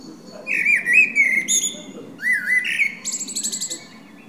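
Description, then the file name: Common blackbird song of two mellow, warbled whistle phrases, each ending in high, thin squeaks, closing with a rapid high twitter. "Turdus merula"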